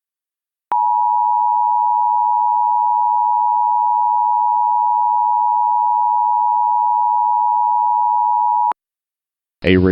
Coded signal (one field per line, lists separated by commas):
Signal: Emergency Alert System (SAME) tones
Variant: 853 and 960 Hz attention tone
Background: speech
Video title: EAS Mock: The Best Required Weekly Test